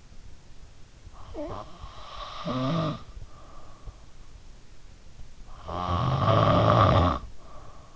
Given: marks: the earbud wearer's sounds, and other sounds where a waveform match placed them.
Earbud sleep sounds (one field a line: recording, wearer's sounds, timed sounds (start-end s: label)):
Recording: sounds in sleep by an in-ear microphone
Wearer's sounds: snoring breath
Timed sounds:
1.37-3.32 s: snoring breath
5.69-7.96 s: snoring breath